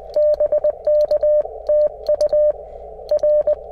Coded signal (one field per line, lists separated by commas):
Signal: Morse code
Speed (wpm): 18 wpm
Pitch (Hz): 580 Hz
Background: none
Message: BK TU R